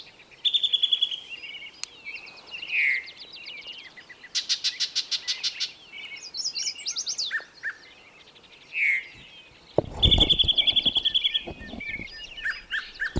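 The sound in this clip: Bird song: high thin trills, rapid buzzy rattles and slurred whistles, with a brief low thump partway through.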